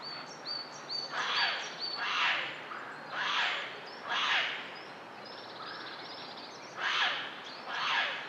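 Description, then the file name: Eurasian jay repeating hoarse, tearing screeches roughly every second, with a longer pause midway; faint high-pitched chirps and whistles from other small birds in the background. "Garrulus glandarius"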